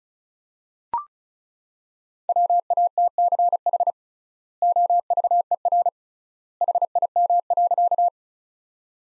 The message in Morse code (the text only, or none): WATCH OVER HIM.